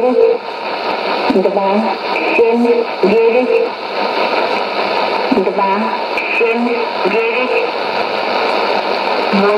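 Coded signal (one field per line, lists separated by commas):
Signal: numbers station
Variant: S06s, Russian language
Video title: 19 05 2017 Numbers station S06s Russian Lady in Russian to Eu 0944 on 9655 unknown tx site in CUSB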